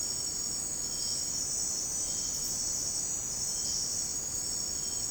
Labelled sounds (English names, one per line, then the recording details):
none
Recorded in secondary vegetation near Puerto Asís, Putumayo, Colombia, on 13 March 2025 at 17:30
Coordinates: 0.485, -76.322
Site G040